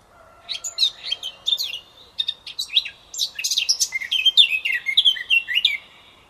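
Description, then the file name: Eurasian blackcap singing, quiet jumbled twittering that swells into rich, loud whistled phrases. "Sylvia atricapilla"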